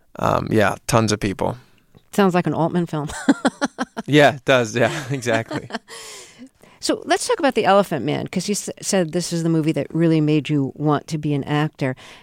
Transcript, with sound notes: yeah, tons of people.
Sounds like an Altman film.
(LAUGHTER)
Yeah, it does, yeah, exactly.
(LAUGHTER)
So let's talk about "The Elephant Man" because you said this is the movie that really made you want to be an actor.